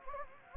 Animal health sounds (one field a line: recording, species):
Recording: mosquito wingbeat signal from an infrared sensor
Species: Anopheles gambiae